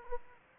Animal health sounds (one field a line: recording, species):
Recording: mosquito wingbeat signal from an infrared sensor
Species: Aedes aegypti